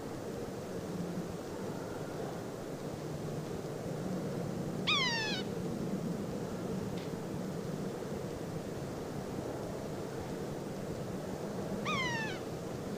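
Yellow-bellied sapsucker making two short, nasal, downslurred mewing calls about seven seconds apart, over a steady low rumble of background noise.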